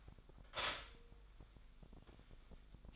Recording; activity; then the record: daily activity, microphone in the room; stop toaster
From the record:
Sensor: 5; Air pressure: 1002.0 hPa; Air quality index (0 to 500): 204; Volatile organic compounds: 18 ppm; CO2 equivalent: 2632 ppm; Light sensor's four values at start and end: 34/110/42/45 and 34/109/42/44